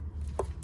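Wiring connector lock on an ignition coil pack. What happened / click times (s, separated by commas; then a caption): The connector lock clicked into its released position / 0.4 s. A plastic locking tab on the wiring connector of an ignition coil pack on a VZ Adventra with an Alloytech engine is pushed across until it clicks into the unlocked, released position so the plug can be removed. A sharp click comes at 0.4 s, with fainter ticks around it, over a low steady hum.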